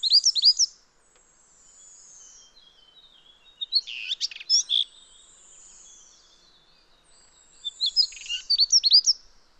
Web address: sound Daurian-redstart. صدای-پرنده-دمسرخ-دائوری